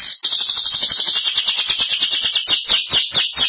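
Belgian canary song: a loud, continuous rolling trill of rapid high notes that slurs and shifts in tone without a break.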